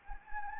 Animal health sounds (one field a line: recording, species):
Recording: mosquito wingbeat signal from an infrared sensor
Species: Anopheles gambiae